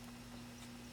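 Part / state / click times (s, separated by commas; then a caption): SIM card going into a phone card slot / not seated / none. A SIM card is handled as it is pushed back into the card slot of a Galaxy S4 phone during a charging port replacement. Only a steady low hum and faint background noise are heard, with no distinct ticks in this second. Nothing has seated or clicked yet.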